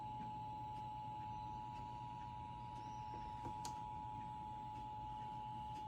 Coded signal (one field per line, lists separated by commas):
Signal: Emergency Alert System (SAME) tones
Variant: 853 and 960 Hz attention tone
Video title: EAS 2656-2657: 911 Telephone Outage Emergency Crawford PA